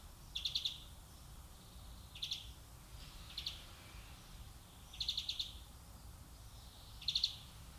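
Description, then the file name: European greenfinch uttering short clipped trills, five separate bursts spaced about one to two seconds apart, with quiet steady noise in between. "Chloris chloris"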